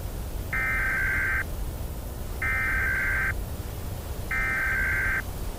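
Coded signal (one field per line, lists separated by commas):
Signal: Emergency Alert System (SAME) tones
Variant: header bursts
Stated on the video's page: Simulated, not real, alert scenario about a 1989 Bangladeshi tornado.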